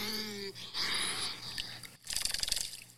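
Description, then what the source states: Beaver whining calls, drawn-out tonal cries that waver and break off, followed by a burst of harsh, rapid, noisy chatter. Played back from a Google search for beaver; the host calls it 水獭 (otter).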